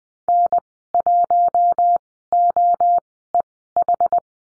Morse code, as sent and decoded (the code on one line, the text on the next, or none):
-. .---- --- . ....
N1OEH